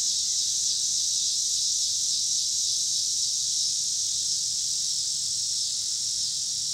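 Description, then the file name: Cicada chorus: an unbroken high-pitched electric buzz, holding steady in pitch and loudness throughout. Cicadas with car noise in Pittsburgh, Pennsylvania, on 26 August 2023. "2023-08-26 cicadas and cars Pittsburgh PA"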